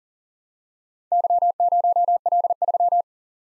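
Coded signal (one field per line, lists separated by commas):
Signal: Morse code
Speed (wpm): 47 wpm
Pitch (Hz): 700 Hz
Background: none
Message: Y0L3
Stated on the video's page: Morse practice of four letter-number combinations, starting fast and slowing to a 40 wpm base; fastest speed 1.5 times base, final repeat at maximum speed.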